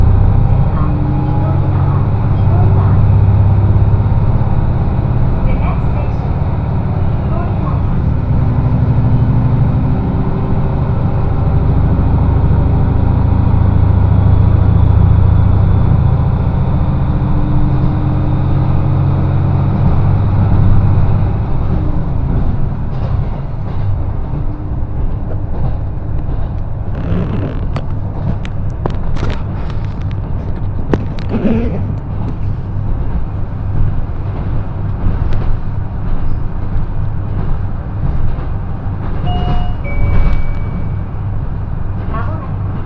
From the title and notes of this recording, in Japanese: 耳で楽しむ鉄道旅 えちごトキめき鉄道 高田→直江津→糸魚川。ディーゼルカー1両で足りてしまいます。